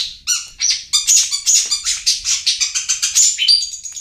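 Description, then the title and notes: Long-tailed shrike song: quick succession of harsh, squawking notes mixed with a few thin whistles, delivered several times a second. Cage-bird training song. "Masteran Burung Cendet"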